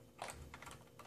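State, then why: Not seated. A small plastic brick-built shuttle is slid back into the docking chamber at the rear of a brick-built LEGO Star Wars 75053 The Ghost spaceship, giving a few light plastic taps and scrapes around 0.2, 0.5, 0.6 and 1.0 s. The shuttle fails to click into the dock, and nothing has seated or clicked yet.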